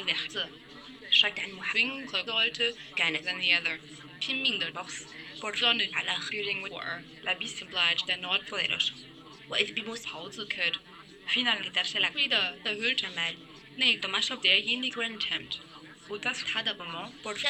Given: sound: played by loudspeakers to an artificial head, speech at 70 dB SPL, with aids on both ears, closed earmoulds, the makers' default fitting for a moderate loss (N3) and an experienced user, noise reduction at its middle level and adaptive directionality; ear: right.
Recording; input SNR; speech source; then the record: speech test signal (ISTS) in cocktail-party noise; +6 dB; in front (0 degrees)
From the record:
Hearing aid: class 1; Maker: C